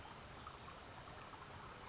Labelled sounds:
California Towhee (Melozone crissalis)
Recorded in Sonoma County, California

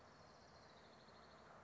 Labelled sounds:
Orange-crowned Warbler (Leiothlypis celata)
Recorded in Sonoma County, California

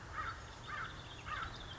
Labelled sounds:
American Crow (Corvus brachyrhynchos)
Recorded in Sonoma County, California

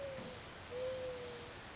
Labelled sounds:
Mourning Dove (Zenaida macroura)
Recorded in Sonoma County, California

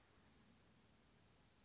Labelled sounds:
Orange-crowned Warbler (Leiothlypis celata)
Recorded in Sonoma County, California

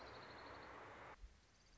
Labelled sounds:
Orange-crowned Warbler (Leiothlypis celata)
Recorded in Sonoma County, California

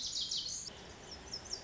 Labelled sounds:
Lazuli Bunting (Passerina amoena)
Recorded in Sonoma County, California

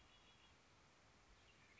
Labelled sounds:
Red-winged Blackbird (Agelaius phoeniceus)
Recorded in Sonoma County, California

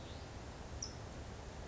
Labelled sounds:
California Towhee (Melozone crissalis)
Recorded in Sonoma County, California

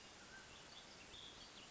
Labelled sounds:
Mountain Quail (Oreortyx pictus)
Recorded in Sonoma County, California

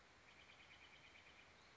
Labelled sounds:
Steller's Jay (Cyanocitta stelleri)
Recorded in Sonoma County, California

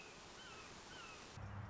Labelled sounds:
Red-shouldered Hawk (Buteo lineatus)
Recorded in Sonoma County, California

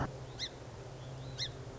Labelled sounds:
Song Sparrow (Melospiza melodia)
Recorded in Sonoma County, California

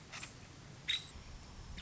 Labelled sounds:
Nuttall's Woodpecker (Dryobates nuttallii)
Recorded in Sonoma County, California

